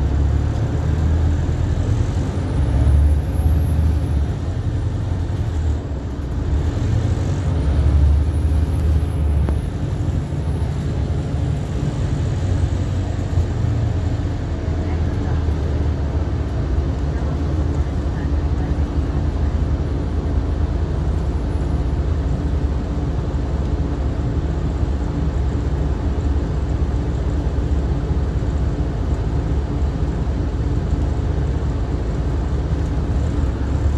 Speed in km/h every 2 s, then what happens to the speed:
15, 23, 21, 27, 34, 31, 27, 21, 11, 5, 2, 0, 0, 0, 0, 0, 8.
0-2 speeds up to 23. 5-9 speeds up to 34. 9-20 slows to 2. 20-31 standing.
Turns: none.